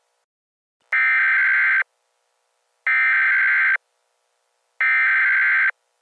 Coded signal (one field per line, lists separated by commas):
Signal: Emergency Alert System (SAME) tones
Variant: header bursts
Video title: EAS Scenario: Fire Tornado Warning